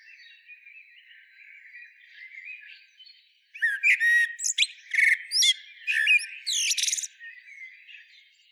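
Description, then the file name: Common blackbird bursting in after a few seconds of bird chatter with a loud string of chirps, whistles and harsh twittering notes. "Turdus merula"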